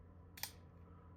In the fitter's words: There. See how it latches into place? It's really nice.